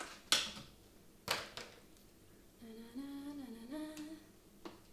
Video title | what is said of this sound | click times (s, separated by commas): Lucy's New PC build video | You'd think it'd be a satisfying click, it's not. It always sounds like a crunch to me. Oh, there we go. | 0.3 s